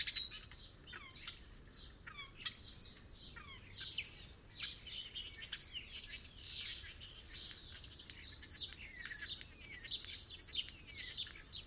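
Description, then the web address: Bird calls, with continuous high chirps and twitters from many birds and short, sharp whistled notes throughout. "Bird Only"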